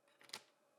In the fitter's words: You can see the rubber band inside, and when you close the door, you get a really satisfying click.